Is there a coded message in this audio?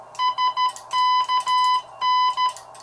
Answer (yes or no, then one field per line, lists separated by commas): yes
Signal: Morse code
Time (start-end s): 0.2-2.5 s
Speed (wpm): 13 wpm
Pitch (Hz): 1000 Hz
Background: none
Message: SKN